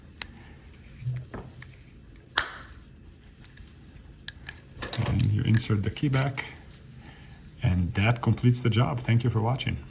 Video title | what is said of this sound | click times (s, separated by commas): Saab 9 3 Key Fob Battery Replacement | push the key fob together till you hear it snap. | 2.4 s